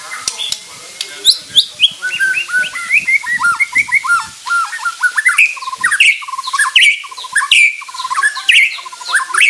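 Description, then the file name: White-rumped shama producing a long run of short, harsh, downslurred chips, repeated rapidly and unevenly with occasional higher squeaky notes. Bornean crowned variety; harsh call. "Suara kasar burung murai batu borneo mahkota"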